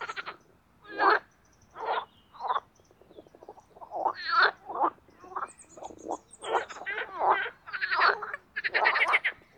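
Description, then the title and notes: Marsh frogs calling in a busy chorus, overlapping bursts of rapid rattling croaks and laughing trills from several callers, with short pauses between. Spring mating chorus in an artificial pond created for water activities at Parc Chédeville, Oise, after a cold night. "au Parc Chédeville dans l'Oise. des grenouilles rieuses"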